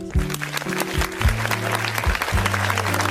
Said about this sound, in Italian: Bene, salutiamo papà e un caloroso applauso a mamma